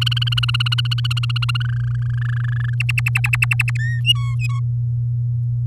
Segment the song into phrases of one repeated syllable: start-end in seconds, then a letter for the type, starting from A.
0.01-1.67 A, 1.69-2.75 B, 2.80-3.77 C, 3.79-4.01 D, 4.04-4.60 E